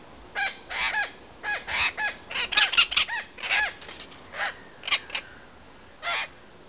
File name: Cuculo Dal Ciuffo